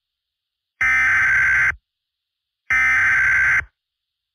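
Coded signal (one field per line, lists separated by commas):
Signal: Emergency Alert System (SAME) tones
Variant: header bursts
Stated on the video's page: Simulated EAS scenario about a global flood.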